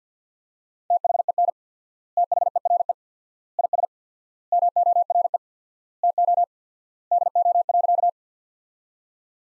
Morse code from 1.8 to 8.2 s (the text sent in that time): THERE IS MORE TO DO.